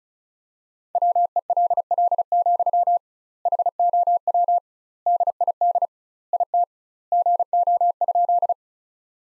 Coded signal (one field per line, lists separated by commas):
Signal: Morse code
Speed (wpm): 34 wpm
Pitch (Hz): 700 Hz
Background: none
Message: WELL, HOW DID IT GO?